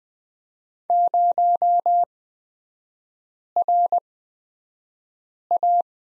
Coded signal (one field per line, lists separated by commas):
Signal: Morse code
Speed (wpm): 20 wpm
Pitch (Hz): 700 Hz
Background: none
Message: 0RA